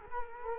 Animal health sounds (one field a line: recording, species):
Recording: mosquito wingbeat signal from an infrared sensor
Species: Culex quinquefasciatus